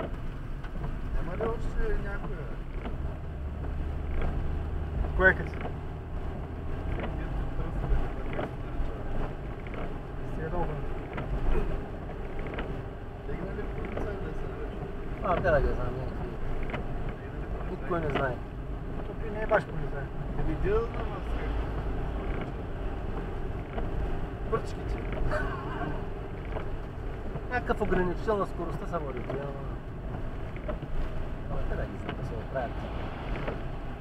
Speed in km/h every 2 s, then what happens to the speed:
44, 43, 43, 47, 53, 52, 51, 54, 54, 53, 51, 53, 54, 55, 55, 48, 49.
4-8 speeds up to 53. 8-28 steady at about 53. 28-30 brakes to 48.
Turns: none.